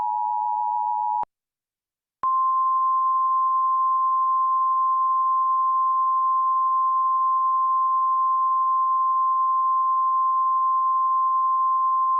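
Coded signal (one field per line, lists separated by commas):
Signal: Emergency Alert System (SAME) tones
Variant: 853 and 960 Hz attention tone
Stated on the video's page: Fictional scenario containing valid alert tones.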